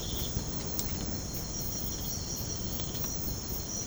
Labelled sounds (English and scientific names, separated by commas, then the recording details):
none
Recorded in pastures near Puerto Asís, Putumayo, Colombia, on 19 March 2025 at 04:00
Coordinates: 0.505, -76.324
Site GP08